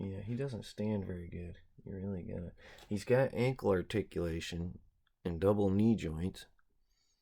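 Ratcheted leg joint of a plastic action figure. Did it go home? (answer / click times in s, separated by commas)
no / none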